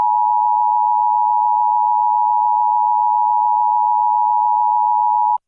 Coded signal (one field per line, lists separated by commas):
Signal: Emergency Alert System (SAME) tones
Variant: 853 and 960 Hz attention tone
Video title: EAS Reenactment Mock: The Bastrop Tornado - 05/12/2020